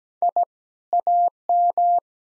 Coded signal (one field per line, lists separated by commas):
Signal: Morse code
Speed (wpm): 17 wpm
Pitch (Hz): 700 Hz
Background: none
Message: I AM